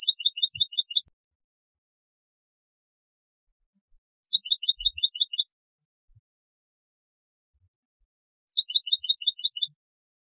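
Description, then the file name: European goldfinch calls, three bursts of quick liquid tinkling notes, each about a second long, repeated every four seconds or so, rapid and twittering. "Carduelis carduelis"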